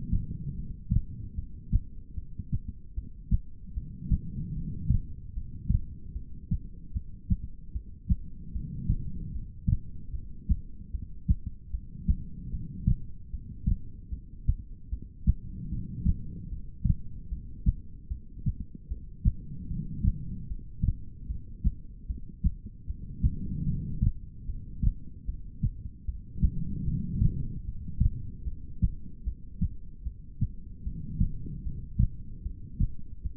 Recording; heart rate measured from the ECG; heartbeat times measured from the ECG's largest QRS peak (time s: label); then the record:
heart sounds by stethoscope; 75 bpm
0.55 s: heartbeat
1.35 s: heartbeat
2.15 s: heartbeat
2.94 s: heartbeat
3.74 s: heartbeat
4.54 s: heartbeat
5.33 s: heartbeat
6.13 s: heartbeat
6.93 s: heartbeat
7.72 s: heartbeat
8.52 s: heartbeat
9.32 s: heartbeat
10.11 s: heartbeat
10.91 s: heartbeat
11.71 s: heartbeat
12.50 s: heartbeat
13.30 s: heartbeat
14.10 s: heartbeat
14.89 s: heartbeat
15.69 s: heartbeat
16.49 s: heartbeat
17.29 s: heartbeat
18.08 s: heartbeat
18.88 s: heartbeat
19.67 s: heartbeat
20.47 s: heartbeat
21.27 s: heartbeat
22.07 s: heartbeat
22.86 s: heartbeat
23.66 s: heartbeat
24.46 s: heartbeat
25.25 s: heartbeat
26.05 s: heartbeat
26.85 s: heartbeat
27.65 s: heartbeat
28.44 s: heartbeat
29.24 s: heartbeat
30.03 s: heartbeat
30.83 s: heartbeat
31.63 s: heartbeat
32.43 s: heartbeat
33.22 s: heartbeat
From the record:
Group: heart failure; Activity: rest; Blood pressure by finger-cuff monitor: 100/74 mmHg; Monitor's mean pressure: 85 mmHg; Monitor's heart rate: 75 bpm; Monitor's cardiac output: 4.4 L/min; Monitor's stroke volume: 59 mL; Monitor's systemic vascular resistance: 1400 dyn s/cm5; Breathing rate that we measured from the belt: 16 breaths a minute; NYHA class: 2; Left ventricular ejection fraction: 58%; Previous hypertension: present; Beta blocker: bisoprolol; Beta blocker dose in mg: 5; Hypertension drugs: ramipril, spironolactone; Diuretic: furosemide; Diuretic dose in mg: 160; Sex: female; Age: 55 years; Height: 155 cm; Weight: 67 kg